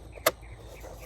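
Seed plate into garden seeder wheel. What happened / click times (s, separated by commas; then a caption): The plate dropped into place / 0.3 s. A seed plate is fitted into the wheel of a push garden seeder by lining up its notches with the notches on the wheel. A single sharp hit sounds at 0.3 s as the plate drops into place against a quiet background. The plate is seated, held by friction rather than locking in.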